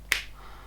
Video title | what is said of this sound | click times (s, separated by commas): Quadlock phone mount unboxing and review | blue tab clicks in place like that and then that stops it coming and done | 0.1 s